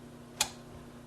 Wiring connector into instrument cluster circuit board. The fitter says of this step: And listen for the click on this one